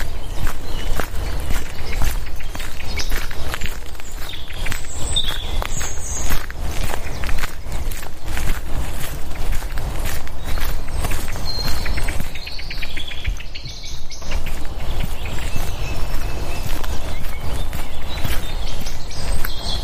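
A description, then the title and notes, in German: Footsteps crunch steadily through a forest walk with a dog, while many birds chirp brightly throughout and a low rumble persists underneath. Morgens mit dem Hund raus. Ein Spaziergang im Wald mit Hund, begleitet von vielen Vögeln.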